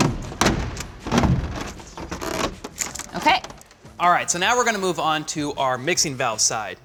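An acrylic side panel of a Delta Classic 500 shower wall set (60x32) is pressed by hand into the back panel during a dry fit while someone else holds the back panel in place. Knocks and rubbing end with a sharp snap at 0.4 s as the side panel seats, with its flange facing the outside. Afterward, someone talks.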